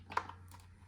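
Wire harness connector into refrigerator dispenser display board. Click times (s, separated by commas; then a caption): 0.2 s. A plastic wire harness connector is pushed into its socket on the display board of a Frigidaire refrigerator water dispenser. A few faint rustles lead into one sharp click at 0.2 s, followed by a softer tick and a low steady hum. The connector is seated in the board.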